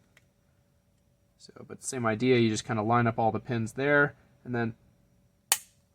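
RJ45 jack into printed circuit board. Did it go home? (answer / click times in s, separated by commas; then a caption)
yes / 5.5 s. Someone talks while the pins of an RJ45 ethernet jack are lined up and the jack is pressed firmly into its footprint on a printed circuit board. A single sharp, loud click sounds at 5.5 seconds as the jack snaps into the board and seats.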